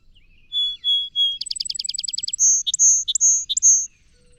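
Song sparrow song: three clear opening notes, a fast rattling trill of about a dozen notes, then four long high notes separated by short lower notes.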